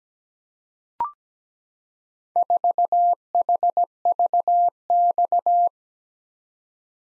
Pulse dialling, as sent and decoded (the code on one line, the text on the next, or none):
none